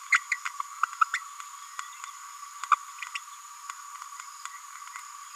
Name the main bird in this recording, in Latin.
Forpus passerinus